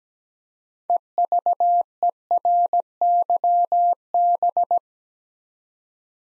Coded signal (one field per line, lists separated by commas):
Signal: Morse code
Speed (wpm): 17 wpm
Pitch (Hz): 700 Hz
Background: none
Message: EVERYB